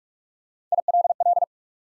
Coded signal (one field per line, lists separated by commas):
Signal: Morse code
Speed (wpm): 44 wpm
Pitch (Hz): 700 Hz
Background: none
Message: I L L